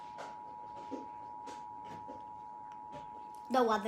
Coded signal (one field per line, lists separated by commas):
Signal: Emergency Alert System (SAME) tones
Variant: 853 and 960 Hz attention tone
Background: speech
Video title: Three times of emergency alert system/the weather channel